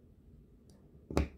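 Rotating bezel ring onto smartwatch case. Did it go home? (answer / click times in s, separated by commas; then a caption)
yes / 1.2 s. A rotating bezel ring is pressed back onto a Samsung Galaxy Watch smartwatch case after a first attempt failed. A faint high tick at 0.7 s comes before a sharp, loud pop at 1.2 s as the ring snaps into place. It is seated and should spin now.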